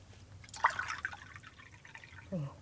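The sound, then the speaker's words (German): Water trickles and splashes from a drinking vessel held to someone's mouth as they drink, at the Rio Pecos, in a short, uneven burst of bright droplet sounds, fading into quieter dribbles, with a brief low vocal murmur at the end. “Hier, trink. Ich gebe dir das Gefäß an den Mund. Trink langsam und vorsichtig.”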